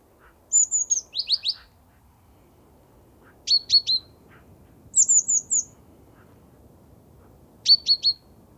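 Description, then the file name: Great tit calls: repeated bursts of high, sharp notes, some descending chips in quick runs of four, others clipped triple notes, over faint background. "Parus major"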